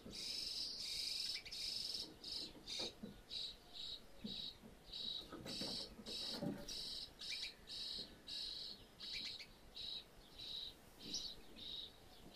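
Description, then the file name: Birds give rhythmic rasping, hissing calls, a steady run of short bursts roughly every half second, with faint knocks and rustles underneath. Birds feeding in a roof space; stereo recording. "ambience birds in roof space feeding"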